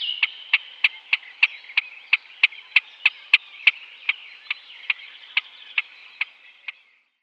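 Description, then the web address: Great crested grebe giving a steady ticking series, sharp clicks about three per second over a faint drone, stopping near the end. "Schulze Peter Great Crested Grebe"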